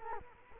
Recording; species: mosquito wingbeat signal from an infrared sensor; Culex quinquefasciatus